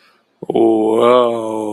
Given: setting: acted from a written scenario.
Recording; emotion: vocal sound without words; ecstasy